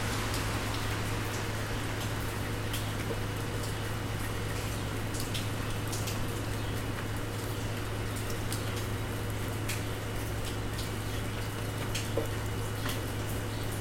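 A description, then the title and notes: Rain falls in a steady, dense patter, with scattered sharper drops ticking through at irregular moments. A constant low hum sits underneath throughout, and the level stays even across the whole stretch, with a single brief tap near the twelve-second mark. Figured I'd record the rain this morning. The recording is just using the Zoom's internal mics pointed out my window, with the windscreen on.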